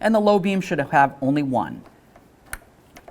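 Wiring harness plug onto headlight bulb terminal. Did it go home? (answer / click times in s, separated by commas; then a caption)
yes / 2.5 s. Someone talks about the low beam and high beam headlight bulbs on a 1988-2000 Chevy C/K1500, then the wiring harness connector is pushed onto the headlight bulb terminals and clicks in at 2.5 s. A few faint knocks follow as it is given a little wiggle, and it is held, seated.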